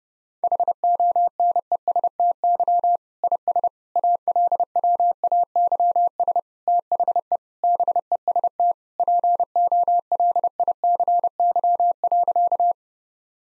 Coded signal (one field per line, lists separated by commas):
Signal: Morse code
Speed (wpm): 32 wpm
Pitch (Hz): 700 Hz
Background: none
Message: HONESTY IS ALWAYS THE BEST POLICY.